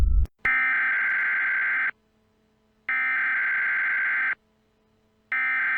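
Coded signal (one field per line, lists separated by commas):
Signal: Emergency Alert System (SAME) tones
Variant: header bursts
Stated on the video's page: EAS scenario made for fun, part of the SCP:CB soundtrack; SAME tones of uncertain validity.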